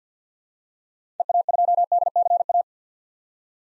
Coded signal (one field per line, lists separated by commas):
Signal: Morse code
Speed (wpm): 50 wpm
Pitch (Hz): 700 Hz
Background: none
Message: EA2DCA